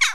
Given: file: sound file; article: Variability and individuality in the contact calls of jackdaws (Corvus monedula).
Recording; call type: jackdaw call; harmonic